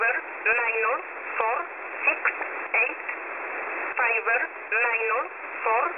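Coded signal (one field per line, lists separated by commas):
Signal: numbers station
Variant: E11a, English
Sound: a voice reading single numbers in English, evenly paced, through shortwave static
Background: radio static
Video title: E11a Message 25/07/2024 0845 UTC 19184kHz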